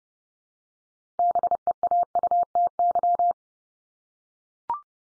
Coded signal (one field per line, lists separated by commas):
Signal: Morse code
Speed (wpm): 30 wpm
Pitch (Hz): 700 Hz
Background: none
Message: BEAUTY